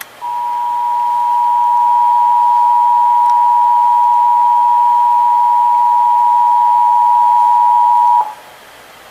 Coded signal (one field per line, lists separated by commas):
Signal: Emergency Alert System (SAME) tones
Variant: 853 and 960 Hz attention tone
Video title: (EAS #974-982) January 2026 Texas Required Monthly Test